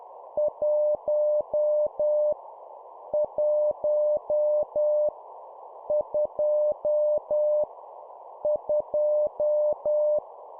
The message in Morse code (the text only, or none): 1 1 2 2